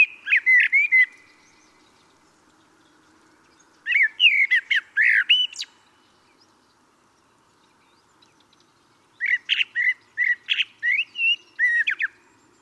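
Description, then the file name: Common blackbird sounding three separate bursts of rapid whistled and rasping notes, with quiet gaps between. "Turdus merula"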